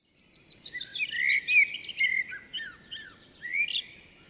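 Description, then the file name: Common blackbird song: rich whistled warbles mixed with a run of high, squeaky twitters, several notes in quick succession. "Turdus merula"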